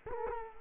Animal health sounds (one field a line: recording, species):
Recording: mosquito wingbeat signal from an infrared sensor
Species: Culex quinquefasciatus